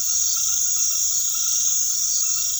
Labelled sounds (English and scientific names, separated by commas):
none